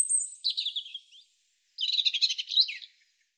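European robin singing two high, fast warbling phrases split by a short pause, the second a dense trilled burst.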